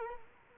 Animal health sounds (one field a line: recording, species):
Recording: mosquito wingbeat signal from an infrared sensor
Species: Culex quinquefasciatus